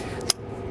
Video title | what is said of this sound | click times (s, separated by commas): How to attach a 3 point mounted implement | that's locked forward and you've heard it click take the shaft - give it a good pull backwards to | 0.3 s